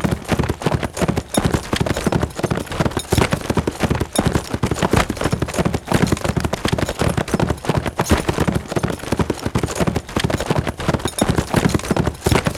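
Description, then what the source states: Horse galloping, fast drumming hoofbeats in steady repeated bursts, continuous throughout with no other clear sounds. Steady fast gallop on grass.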